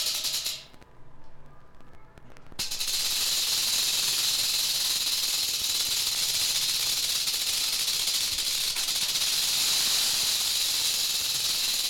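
Rattlesnake rattle: a brief faint start, a near-silent pause, then a loud continuous dry buzz that runs unbroken to the end.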